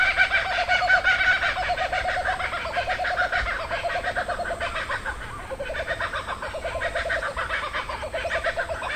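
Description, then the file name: Several kookaburras laughing together, rapid rhythmic cackling and hooting notes rising and falling in overlapping waves, with a faint low hum underneath. A group. "BIRD KOOKABURRA GROUP"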